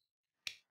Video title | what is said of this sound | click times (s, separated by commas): Setting Up Your PolyCom Phone for First Use | it push it in until it clicks so it only goes in one way you're | 0.5 s